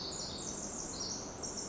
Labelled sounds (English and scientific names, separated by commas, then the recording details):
Pacific Wren (Troglodytes pacificus)
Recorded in Sonoma County, California